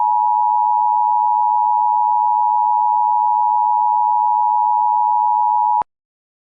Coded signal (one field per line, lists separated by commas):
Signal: Emergency Alert System (SAME) tones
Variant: 853 and 960 Hz attention tone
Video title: EAS Mock - Pennsylvania Amber Alert Broadcast (10/29/2014)